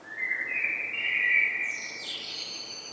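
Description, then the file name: Common blackbird singing a mellow warbled phrase that breaks into a high, thin twittering tail. "Turdus merula"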